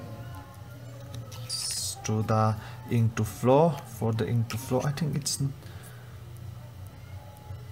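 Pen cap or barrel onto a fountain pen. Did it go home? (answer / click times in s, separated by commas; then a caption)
no / none. A Parker fountain pen is handled during reassembly after its piston ink converter has been filled, with its cap or barrel about to snap on. Someone talks over a low steady hum, with a few faint light ticks from handling near 1.2, 6.4 and 6.9 seconds. Nothing has seated or clicked yet.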